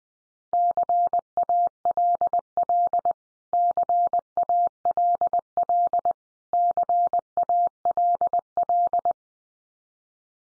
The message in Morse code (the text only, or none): CALL CALL CALL